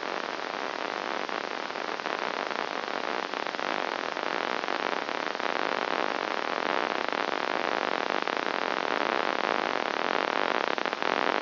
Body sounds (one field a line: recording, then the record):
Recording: brain microelectrode recording played as sound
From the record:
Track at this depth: outside the subthalamic nucleus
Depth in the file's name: 0.004 mm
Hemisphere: right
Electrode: 2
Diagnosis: Parkinson's disease